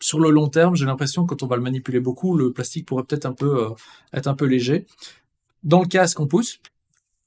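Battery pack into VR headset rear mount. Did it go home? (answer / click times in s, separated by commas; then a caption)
no / none. Someone talks while handling the plastic battery pack of a Pimax Crystal VR headset, pushing it toward the headset's rear mount. Only faint, quiet ticks are heard near 6.9 s and 7.3 s, and nothing has seated or clicked yet.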